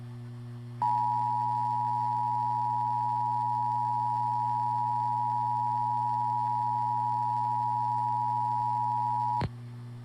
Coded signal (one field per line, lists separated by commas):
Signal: Emergency Alert System (SAME) tones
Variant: 853 and 960 Hz attention tone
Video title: EAS #4 - NATIONAL PERIODIC TEST (9/27/17)